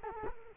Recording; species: mosquito wingbeat signal from an infrared sensor; Culex quinquefasciatus